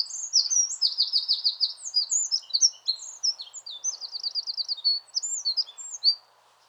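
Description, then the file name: Eurasian wren delivering a long, vigorous song of high trills and jumbled warbled notes for over six seconds. "Troglodytes troglodytes"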